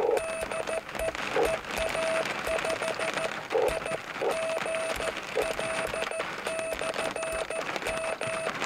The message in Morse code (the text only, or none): DE EA5IGL/M